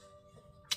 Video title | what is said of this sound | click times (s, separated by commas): Coast Guard themed Flagship with FCCE etching by Vaults of Valhalla installation by Wade Sabers! | and they just snap right into place here over top of the LEDs. | 0.7 s